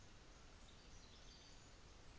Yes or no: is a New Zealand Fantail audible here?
no